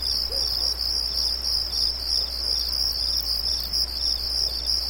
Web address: Nature Ambiences Night Ambience Light High-pitched Crickets Rhythmic